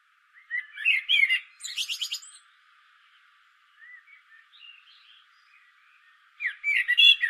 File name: Turdus merula